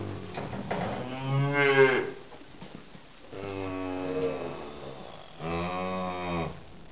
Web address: cow-sounds COW